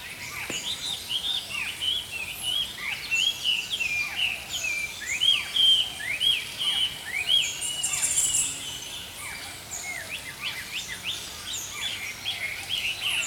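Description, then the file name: Songbirds calling in a chorus of clear whistled notes and chirps, some phrases repeated in short runs, over a soft hiss. Songbirds singing in the early morning. "Healing Power Natural Sounds Oasis - Early Morning Songbirds"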